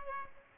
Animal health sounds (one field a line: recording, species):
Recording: mosquito wingbeat signal from an infrared sensor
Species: Aedes aegypti